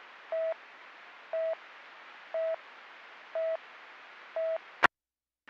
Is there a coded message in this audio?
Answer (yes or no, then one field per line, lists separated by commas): no